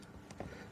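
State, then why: Seated. An LED interior light unit is pushed back into its opening in the plastic interior trim of a Model 3 car. Two quick, sharp ticks are heard at 0.3 s and 0.4 s, the second slightly louder, over a low background hum. The light housing is confirmed clipped into the trim.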